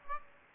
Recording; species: mosquito wingbeat signal from an infrared sensor; Aedes aegypti